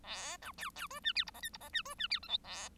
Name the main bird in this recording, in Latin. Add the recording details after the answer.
Lonchura striata domestica. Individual Bird1